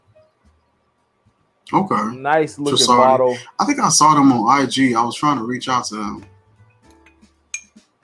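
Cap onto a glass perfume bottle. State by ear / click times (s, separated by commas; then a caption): seated / 7.5 s. Someone talks from about 1.7 to 6.2 seconds, then a cap is put back on a small glass fragrance bottle. After a faint tap near 7.1 seconds, a sharp glass clink at 7.5 seconds marks the cap snapping into place and seating on the bottle.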